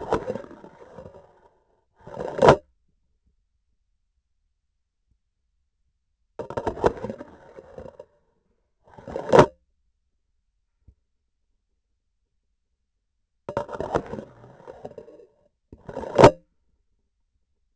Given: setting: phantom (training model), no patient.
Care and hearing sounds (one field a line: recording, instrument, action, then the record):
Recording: laparoscopic instrument, vibration sensor on the handle end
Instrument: grasping forceps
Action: insertion and removal through the trocar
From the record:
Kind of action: spatial motion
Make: other than Olympus